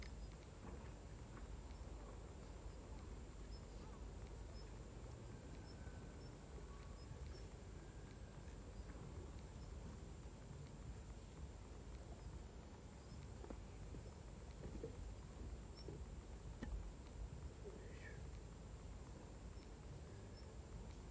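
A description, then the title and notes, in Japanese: Rice harvesting with a binder: a steady, dense low rumble throughout, with faint scattered chirps and a thin high whine above. バインダーで稲刈り、ハザ掛け。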